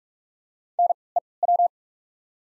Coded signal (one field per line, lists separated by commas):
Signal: Morse code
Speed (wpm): 43 wpm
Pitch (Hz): 700 Hz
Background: none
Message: N E W